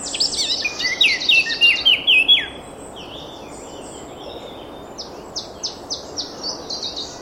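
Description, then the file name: Eurasian blackcap giving a fast, scratchy warbling phrase of varied high notes for about two seconds, followed after a pause by a series of short, sharp repeated high notes. "Sylvia atricapilla"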